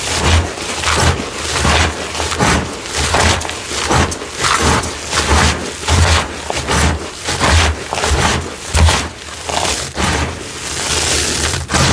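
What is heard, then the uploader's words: Gym chalk crumbles and crunches in a steady run of crisp, gritty bursts, each lasting under a second and repeating about twice a second. Dull low thumps accompany many of the crunches, and a soft powdery hiss fills the gaps. ORANGE Citric Acid Dyed Chalk Series. Crispy, crunchy, powdery gym chalk crumbling asmr.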